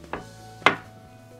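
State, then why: Seated. One end of a watch strap's spring bar is set into the watch case lug, then a tool pushes down the other end while the strap is moved around. A faint tick at 0.1 s comes before a sharp, bright click at 0.7 s as the spring bar snaps into the lug hole, leaving it seated.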